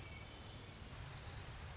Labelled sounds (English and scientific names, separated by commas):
Orange-crowned Warbler (Leiothlypis celata)